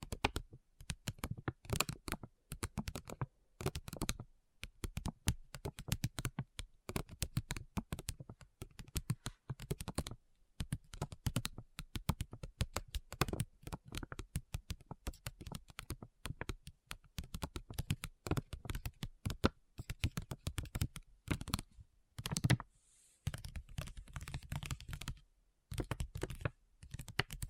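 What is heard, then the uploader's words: Addictive tapping: quick, dense clusters of sharp clicks and taps, like fingernails on a hard surface or keys, running almost without pause. Bursts alternate with brief silent gaps, and near 23 seconds a short soft rustling hiss appears among the taps. ASMR Addictive Tapping. (No Talking).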